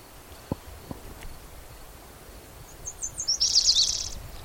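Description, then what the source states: Spotted Towhee song: a few quick high introductory notes followed by a dense buzzy trill, with two faint clicks earlier and steady low background noise. Individual number 8 at Black's Creek, June 16, 2010, around 4:30 in the afternoon.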